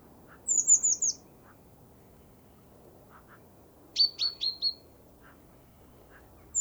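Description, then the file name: Great tit calling: a quick series of very high, thin notes, a few seconds later four sharp, ringing, downslurred notes, and faint soft chips in the background. "Parus major"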